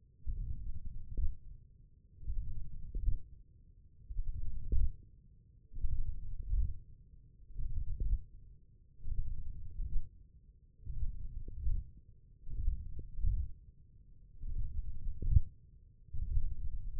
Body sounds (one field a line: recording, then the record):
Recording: forearm muscle sounds (acoustic myography)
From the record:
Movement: radial deviation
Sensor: system 1, eight BSWA MPA416 microphones around the upper forearm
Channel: 1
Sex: male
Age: 20 years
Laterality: left